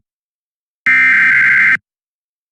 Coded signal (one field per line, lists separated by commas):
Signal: Emergency Alert System (SAME) tones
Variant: header bursts